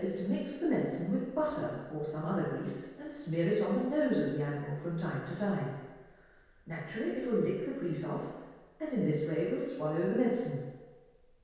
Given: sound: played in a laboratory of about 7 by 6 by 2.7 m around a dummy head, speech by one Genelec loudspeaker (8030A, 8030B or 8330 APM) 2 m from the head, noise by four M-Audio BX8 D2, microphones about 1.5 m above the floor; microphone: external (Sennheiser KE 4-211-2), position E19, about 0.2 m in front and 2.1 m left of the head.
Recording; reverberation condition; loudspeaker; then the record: female speech in English; high; behind (180 degrees)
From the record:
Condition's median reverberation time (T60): about 1300 ms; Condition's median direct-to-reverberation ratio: about -4.0 dB